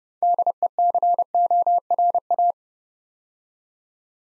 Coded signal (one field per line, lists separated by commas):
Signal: Morse code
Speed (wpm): 30 wpm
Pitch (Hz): 700 Hz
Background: none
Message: DECORA